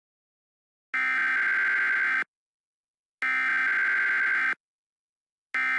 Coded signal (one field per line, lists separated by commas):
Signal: Emergency Alert System (SAME) tones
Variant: header bursts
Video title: |Part 1| EAS Scenario #21 - Theia Virus (T30-Virus)